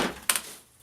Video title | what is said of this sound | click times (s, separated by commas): Hoover Air Cordless Lift Upright Vacuum BH51120 | snap it right back on you're going back to a brush machine | 0.3 s